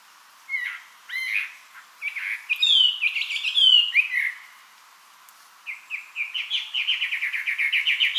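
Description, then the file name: Chinese hwamei song in bursts: a few slurred whistles, a rushed jumble of notes, a pause, then a series of rapid repeated notes. Recorded 24 May 2007. "gabityo"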